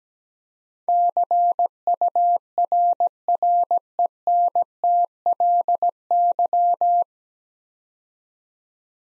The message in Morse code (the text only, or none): CURRENTLY